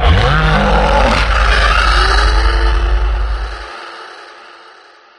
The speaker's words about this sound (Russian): И по коридорам, и залам, дома из тысячи комнат, разнесся яростный рев рвущегося в бой зверя.